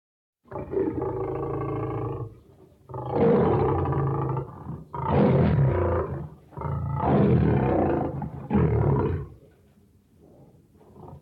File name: lion